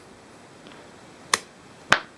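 A magnetic smart cover is brought to the side edge of a third-generation iPad (the "new" iPad 3) and attached. After faint soft handling sounds near 0.7 s and a sharp click at 1.3 s, the cover snaps into place with a loud, sharp click at 1.9 s.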